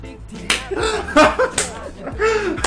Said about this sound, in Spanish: está aplaudiendo con el trasero.